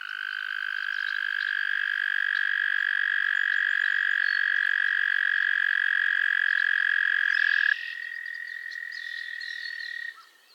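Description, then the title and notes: Frog chorus with a long unbroken high trill swelling over nearly eight seconds, followed by a softer trill that stops abruptly. Chorus of frogs calling to one another on a summer evening at Miners Marsh, Annapolis Valley, Nova Scotia. "Theraphonia - Frogsong at Miners Marsh. A chorus of frogs croon to one another on an idyllic summer evening in Miners Marsh, Annapolis Valley, Nova Scotia"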